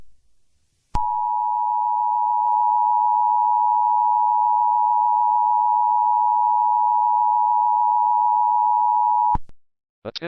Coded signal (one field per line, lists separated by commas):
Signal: Emergency Alert System (SAME) tones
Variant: 853 and 960 Hz attention tone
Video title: on mon eas eyes